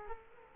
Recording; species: mosquito wingbeat signal from an infrared sensor; Culex quinquefasciatus